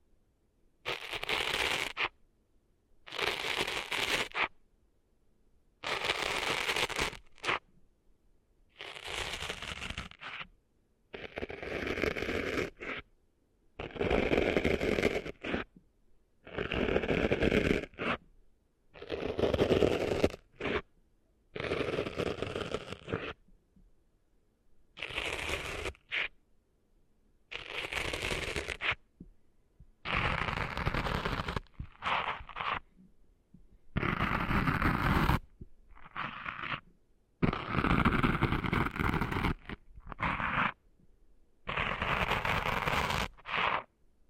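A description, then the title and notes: Sand is being cleaned out of an ear in short bursts of scratchy, crackling rubbing, each lasting a second or two. The bursts repeat about every two seconds with near-silent gaps between them. The texture is gritty and bright, with no other sounds behind it. ASMR Cleaning Sand Out of Your Ears (No Talking).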